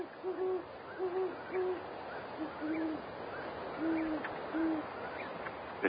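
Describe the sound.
Great horned owl hooting, deep soft notes in an uneven series, some short and paired, others longer and drawn out, over a low steady hiss.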